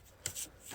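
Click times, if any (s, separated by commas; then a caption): 0.3 s. A fuel line retaining clip on a 2001–2007 Dodge Caravan is lined up with the openings on the quick-connect fitting of the fuel pump module and pushed straight in. A sharp click at 0.3 s is followed by a brief, bright rubbing scrape. The clip locks in place so it won't come out.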